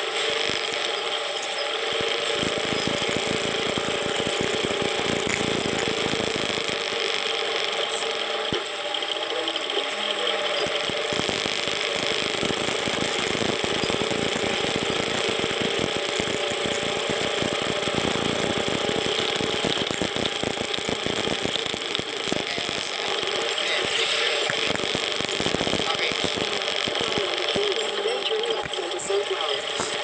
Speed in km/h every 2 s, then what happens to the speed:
4, 6, 8, 9, 8, 6, 8, 10, 12, 16, 18, 17, 13, 12, 9.
0-10 steady at about 6. 10-20 speeds up to 18. 20-30 slows to 9.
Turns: none.